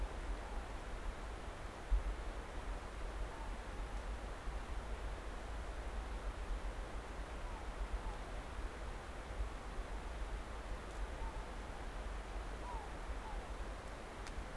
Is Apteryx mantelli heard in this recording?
no